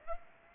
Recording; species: mosquito wingbeat signal from an infrared sensor; Aedes aegypti